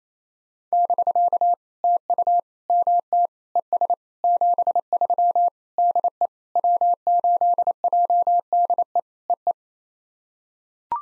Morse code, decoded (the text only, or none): <BK> TU MT ES 73 DE W8JDE EE